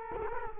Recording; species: mosquito wingbeat signal from an infrared sensor; Culex quinquefasciatus